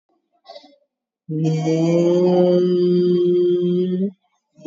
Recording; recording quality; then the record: sustained vowel as in made; excellent, no background noise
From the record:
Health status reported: COVID-19 positive, mild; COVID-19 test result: positive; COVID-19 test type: RT-PCR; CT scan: taken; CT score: 3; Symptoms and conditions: cough, cold, fatigue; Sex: female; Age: 62 years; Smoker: no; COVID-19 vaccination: both doses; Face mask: worn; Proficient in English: yes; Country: India